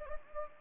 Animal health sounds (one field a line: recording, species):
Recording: mosquito wingbeat signal from an infrared sensor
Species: Anopheles gambiae